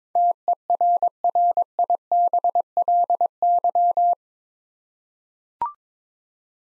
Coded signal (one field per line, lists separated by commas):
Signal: Morse code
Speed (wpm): 22 wpm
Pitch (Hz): 700 Hz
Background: none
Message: TERRIBLY